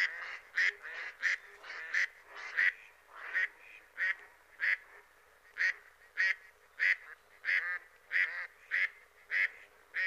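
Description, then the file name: Mallard giving loud raspy quacks in an irregular series, roughly one or two per second, occasionally in quick pairs, nothing else clearly heard. "Germano Reale"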